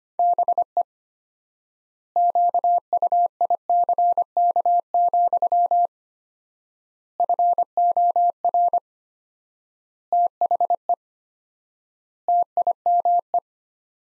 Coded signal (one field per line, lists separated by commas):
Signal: Morse code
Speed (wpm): 25 wpm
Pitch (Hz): 700 Hz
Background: none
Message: BE QUICK, FOR THE TIME